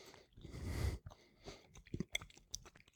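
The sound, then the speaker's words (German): A broad crunchy bite into a dry, spicy salami with very thin skin, followed by a string of short, irregular chewing crunches and moist mouth clicks, fairly quiet, with no talking. “Das heißt, wenn man die abbeißt, dann fallen eher so Stückchen, hm, ab, als dass man das als Masse zu sich.”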